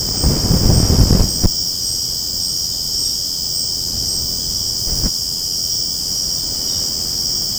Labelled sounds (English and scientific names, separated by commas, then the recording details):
none
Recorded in secondary vegetation near Puerto Asís, Putumayo, Colombia, on 20 February 2024 at 02:30
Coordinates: 0.489, -76.322
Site G6419